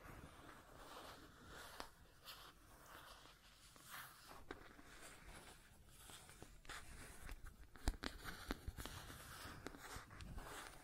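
Scratching and tracing sounds, a dry rasping texture that runs almost without pause for the whole clip. Short sharp scrapes and clicks break through irregularly, growing more frequent after about eight seconds, with a low rumble underneath throughout.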